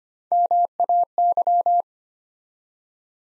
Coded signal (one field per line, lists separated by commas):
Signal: Morse code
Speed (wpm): 25 wpm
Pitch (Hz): 700 Hz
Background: none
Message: MAY